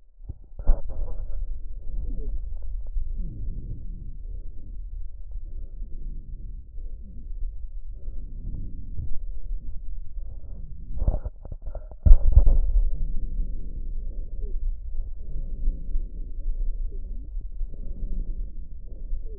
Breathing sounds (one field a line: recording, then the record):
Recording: lung sounds by stethoscope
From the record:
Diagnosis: emphysema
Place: left posterior upper chest